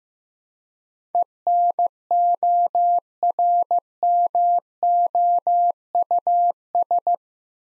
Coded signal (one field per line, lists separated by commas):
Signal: Morse code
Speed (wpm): 15 wpm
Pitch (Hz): 700 Hz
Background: none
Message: ENORMOUS